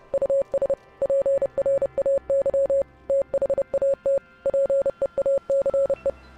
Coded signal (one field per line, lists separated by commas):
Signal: Morse code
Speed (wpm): 30 wpm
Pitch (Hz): 550 Hz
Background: none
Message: US PRAY THAT PEACE